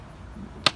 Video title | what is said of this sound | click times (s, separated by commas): 2008 Pontiac G6 2.4 Litre Engine Spark Plug Change / Tutorial / How To / DIY | and you snap them into place so you can hear it snap then | 0.7 s